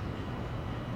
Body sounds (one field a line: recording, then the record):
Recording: background sound without coughing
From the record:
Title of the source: 30 MINUTES Construction Site Ambience (CC BY 4.0)